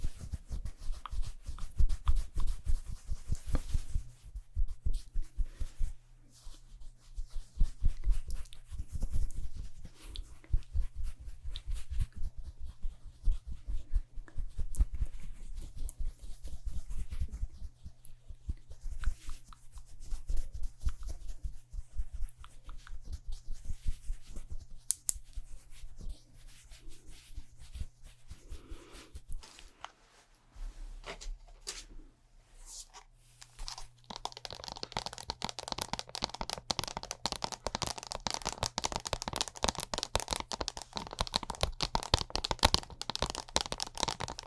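Fast, aggressive makeup ASMR sounds: dense, rapid crackling, tapping and rubbing, layered and uneven in loudness, over a steady low hum. Around 34 seconds a brighter, hissing scratchy texture takes over and continues to the end.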